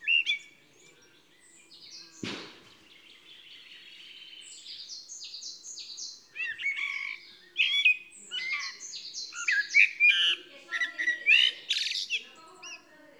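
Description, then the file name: Eurasian blackbird: a busy run of short, sharp chirps and high squeaky notes, thickening in the second half, with a loud dry crack early on. "Turdus merula"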